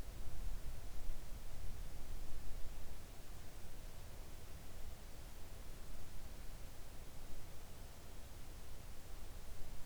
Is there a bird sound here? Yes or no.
no